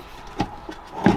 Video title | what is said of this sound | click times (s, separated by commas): PB-Outillage Episode 18 : Bott Vario CarOffice | ceci voilà la lpc claque et | 1.1 s